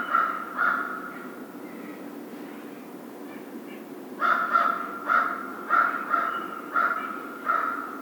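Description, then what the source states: American crow giving a couple of caws, a lull, then a run of harsh caws. Recorded 2010-02-01.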